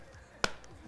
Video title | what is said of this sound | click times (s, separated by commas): Unboxing & Review of the Medela Pump In Style Hands-free - How to Setup, Use, & Clean | and then you're going to fully seal all the way around and you'll hear a click once it's good to go | 0.4 s